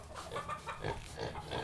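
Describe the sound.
Guinea hog grunting in a run of several short, soft oinks.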